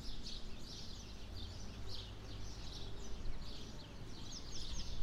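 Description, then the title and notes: Birds giving bright, quick chirps and twitters in a dense chorus, with a steady low hum beneath. Birds nesting in trees either side of a path up to the church in Sete Cidades, Azores. "Atonal church bells, Sete Cidades. birds nesting in the trees either side of a path leading up to the church provide a more melodious accompaniment. Recorded by Cities and Memory"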